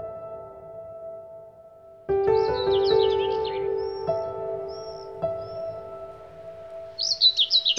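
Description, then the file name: Bird song: one descending run of high warbled notes, a few thin whistles, then a loud quick twittering burst at the end, with low steady drone throughout. "Bird Song Group - Chirping"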